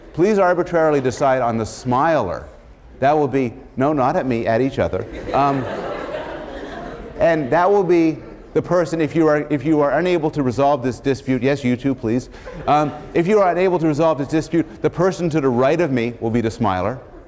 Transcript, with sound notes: Please arbitrarily decide on the smiler. That will be — No, not at me, at each other, [laughter] and that will be the person — If you are unable to resolve this dispute — yes, you two, please — if you are unable to resolve this dispute, the person to the right of me will be the smiler.